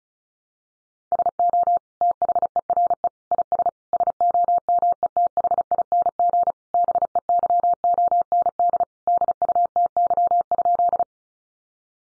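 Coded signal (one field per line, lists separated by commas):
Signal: Morse code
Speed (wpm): 34 wpm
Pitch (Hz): 700 Hz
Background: none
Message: SO THERE IS SOMETHING BEYOND DUTY?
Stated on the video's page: Head-copy practice at 35 wpm: sentences from the top 1500 words, sent in Morse, then spoken, then sent again in Morse.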